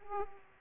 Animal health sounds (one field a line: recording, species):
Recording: mosquito wingbeat signal from an infrared sensor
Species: Aedes aegypti